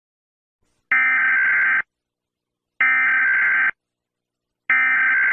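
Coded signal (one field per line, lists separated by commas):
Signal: Emergency Alert System (SAME) tones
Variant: header bursts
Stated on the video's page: Fictional simulated EAS scenario.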